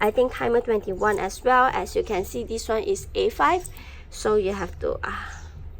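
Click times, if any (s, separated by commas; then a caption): none. Someone talks while handling the adjustable guide slider on a Rapesco six-hole paper punch, working it toward the outermost A5 setting, with a steady low hum underneath. The slider has not clicked into position yet.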